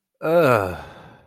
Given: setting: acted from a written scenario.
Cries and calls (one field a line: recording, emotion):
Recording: vocal sound without words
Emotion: disgust